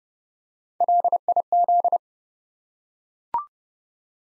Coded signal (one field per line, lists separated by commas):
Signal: Morse code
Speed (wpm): 32 wpm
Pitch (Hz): 700 Hz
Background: none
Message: LIZ